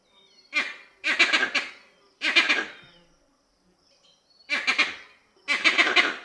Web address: vervet